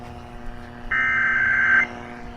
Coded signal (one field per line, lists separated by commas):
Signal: Emergency Alert System (SAME) tones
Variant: header bursts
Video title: EAS #284 & 285- Tennessee Required Monthly Test on WLAC and WSM